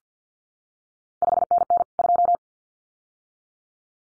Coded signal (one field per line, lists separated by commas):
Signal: Morse code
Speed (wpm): 50 wpm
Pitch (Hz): 700 Hz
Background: none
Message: 5NN 2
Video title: CQ WW DX Contest Exchange Encore 50wpm